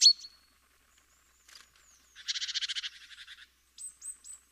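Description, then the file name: Great tit calls: a sharp note, then a loud, buzzy churring rattle lasting about a second, followed by three thin curling high notes. "Parus major"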